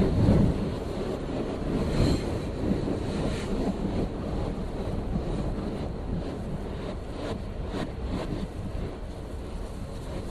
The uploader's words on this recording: Recorded by Dan Bodah on the 3 train between Clark Street and Atlantic Avenue in Brooklyn, NY, Summer 2008.